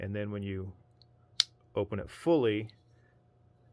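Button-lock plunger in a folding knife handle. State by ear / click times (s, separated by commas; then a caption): seated / 1.4 s. Someone talks as a folding knife blade is swung fully open, and the button-lock plunger in the handle drops into place with one sharp click at 1.4 s, locking the blade open. A faint tick comes just before, at 1.0 s.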